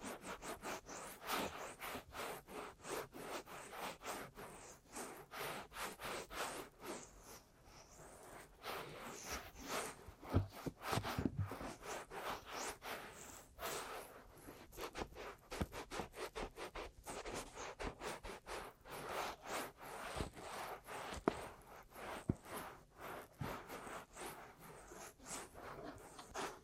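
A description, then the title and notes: An aggressive ear massage of fast rubbing and scratching strokes that crackle brightly and fill the whole clip with hardly a pause. Sharp taps and thumps cut through at irregular moments, with a heavier burst around ten to twelve seconds. ASMR Aggressive Ear Massage & Tapping (No Talking).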